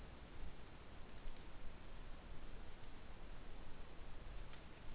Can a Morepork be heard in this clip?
no